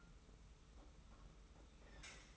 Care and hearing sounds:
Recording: daily activity, microphone in the room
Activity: take from stove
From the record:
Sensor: 1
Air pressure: 991.0 hPa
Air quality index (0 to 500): 91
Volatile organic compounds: 32 ppm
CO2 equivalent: 3006 ppm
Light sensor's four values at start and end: 36/117/46/47 and 36/117/46/47

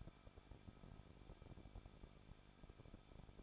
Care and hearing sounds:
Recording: daily activity, microphone in the room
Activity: no activity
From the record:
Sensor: 5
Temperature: 20.9 degrees Celsius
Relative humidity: 38.1%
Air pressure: 1006.4 hPa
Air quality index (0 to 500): 187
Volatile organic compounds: 18 ppm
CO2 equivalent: 2624 ppm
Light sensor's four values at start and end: 2/3/1/1 and 2/3/1/1

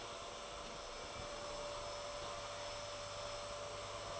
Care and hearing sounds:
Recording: daily activity, microphone in the room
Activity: vacuum cleaning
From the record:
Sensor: 5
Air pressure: 1007.8 hPa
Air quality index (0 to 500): 95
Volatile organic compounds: 1 ppm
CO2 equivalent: 748 ppm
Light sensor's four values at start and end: 35/82/33/33 and 35/81/33/33

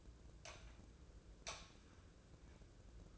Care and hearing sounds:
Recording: daily activity, microphone in the room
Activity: light on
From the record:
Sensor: 2

